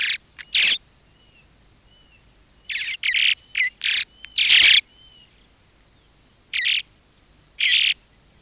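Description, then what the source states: Southern Martin calls: clusters of sharp chirping notes with brief pauses, a few soft slurred whistles in the background. Migratory; nests in the Bahía Blanca area in spring and summer under house eaves or in cliff holes; calm pleasant song in flight, loud excited screech when someone approaches the nest.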